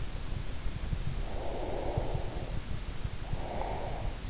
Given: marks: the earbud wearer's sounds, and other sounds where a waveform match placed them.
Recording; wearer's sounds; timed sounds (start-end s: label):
sounds in sleep by an in-ear microphone; breath
1.17-4.06 s: breath